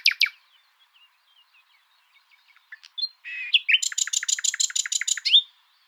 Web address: luscinia megarhynchos call